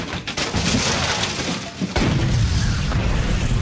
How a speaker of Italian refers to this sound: Lo schianto la fa volare in aria e poi ricadere sui rottami finché si incendia e continua a bruciare mentre gira su se stessa.